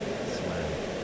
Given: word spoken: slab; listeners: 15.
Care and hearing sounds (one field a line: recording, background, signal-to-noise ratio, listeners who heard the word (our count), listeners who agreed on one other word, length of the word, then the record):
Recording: one English word in noise, from a listening test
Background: speech-shaped noise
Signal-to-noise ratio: -6.9 dB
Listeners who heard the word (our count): 0 of 15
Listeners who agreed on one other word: 8 of 15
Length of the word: 0.64 s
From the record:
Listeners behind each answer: 8, 1, 1, 1, 1, 1, 1, 1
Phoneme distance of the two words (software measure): 10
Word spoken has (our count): 1 syllable, 4 phonemes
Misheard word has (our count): 1 syllable, 4 phonemes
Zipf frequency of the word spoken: 3.39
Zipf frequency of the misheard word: 4.04